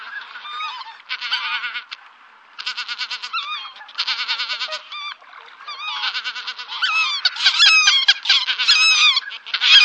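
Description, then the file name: Greater white-fronted goose: greater white-fronted geese giving repeated high-pitched yelping honks, several birds overlapping in uneven bursts that grow busier and louder toward the end. "Anser albifrons"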